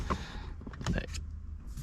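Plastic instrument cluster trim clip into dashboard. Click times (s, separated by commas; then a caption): 0.1 s, 0.9 s. The plastic instrument cluster surround trim on a 2014–2016 eleventh-generation Toyota Corolla is pressed onto the dash, worked along the sides so its hooks clip into their holes. Sharp plastic clicks sound at 0.1 s and 0.9 s among quieter handling taps and rustle. The trim is seated and secure in the dashboard.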